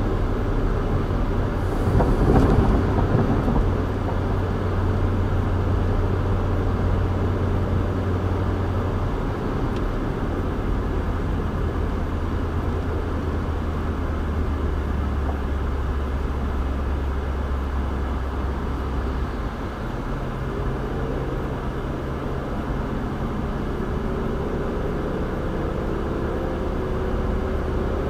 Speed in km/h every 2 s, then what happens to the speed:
116, 116, 114, 114, 113, 101, 97, 87, 84, 82, 84, 87, 90, 92.
0-8 steady at about 114. 8-17 slows to 82. 17-28 speeds up to 92.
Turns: none.